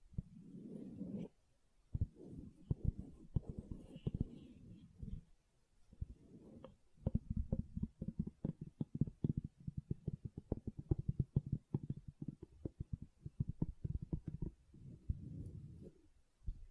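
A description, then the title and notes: Gentle handling of silicone makes soft, low, muffled squishing sounds. Smooth rubbing passes alternate with dense bursts of quick sticky taps and pops from about 7 to 15 seconds, with brief quiet gaps near 2 and 6 seconds. ASMR Gentle Silicon Sounds for Sleep (No Talking).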